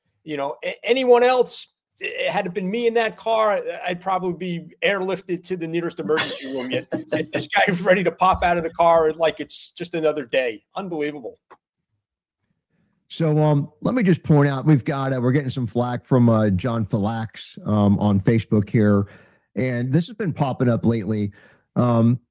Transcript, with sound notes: You know, anyone else, had it been me in that car, I'd probably be airlifted to the nearest emergency room, yet-
(coughs)
... this guy's ready to pop out of the car like it's just another day. Unbelievable.
So, um, let me just point out, we've got a, we're getting some flak from, uh, John Filax, um, on Facebook here, and this has been popping up lately,